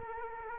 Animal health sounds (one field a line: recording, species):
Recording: mosquito wingbeat signal from an infrared sensor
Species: Culex quinquefasciatus